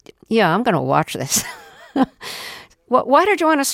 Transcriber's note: laughter